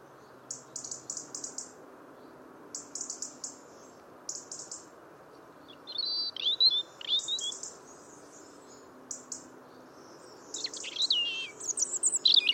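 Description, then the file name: European robin song: scattered groups of short high notes alternate with more complex phrases of slurred whistles, the singing growing busier toward the end. "Erithacus rubecula"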